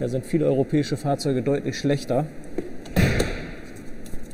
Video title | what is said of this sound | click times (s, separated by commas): [Qualität Check] Elektroauto aus China? Qualitätsingenieur prüft den Aiways U5 | So, ihr habt das Klicken vielleicht gehört. | 2.6 s